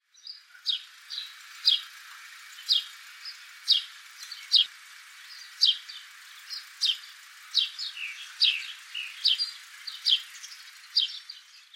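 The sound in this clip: House sparrow chirping: short, bright notes repeated roughly once a second, some doubled or clustered, over a faint steady background hiss.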